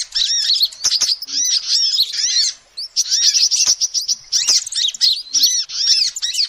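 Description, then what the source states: Lovebird chattering calls, dense bursts of shrill arched squeaks and chirps with brief pauses, short sharp clicks between phrases. Lovebird calls used as a lure to trap birds.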